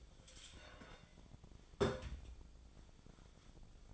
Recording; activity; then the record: daily activity, microphone in the room; take from stove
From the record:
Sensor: 5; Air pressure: 1010.0 hPa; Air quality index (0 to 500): 154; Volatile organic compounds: 3 ppm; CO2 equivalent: 1505 ppm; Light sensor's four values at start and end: 243/588/251/277 and 244/592/252/277